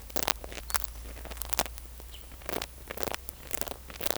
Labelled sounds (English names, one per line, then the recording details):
none
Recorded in forest near Pivijay, Magdalena, Colombia, on 2 June 2023 at 10:00
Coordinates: 10.467, -74.380
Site Z5-G034